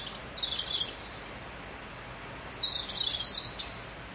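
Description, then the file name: Bird twitter: two high, rapid chirping phrases about two seconds apart, with steady hiss between them. "Vogel"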